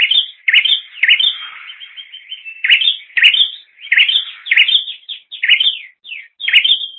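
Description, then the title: Bird chirping: rapid, repeated sweeping chirps in quick bursts, some rising notes with a softer twittering trill in between. "kikicau"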